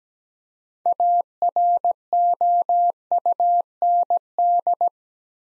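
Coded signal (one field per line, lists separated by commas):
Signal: Morse code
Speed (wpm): 17 wpm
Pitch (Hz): 700 Hz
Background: none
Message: AROUND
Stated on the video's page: Morse practice of three-word sets at 17 wpm with 3x word spacing, Farnsworth-like; each sent, then spoken, then sent again.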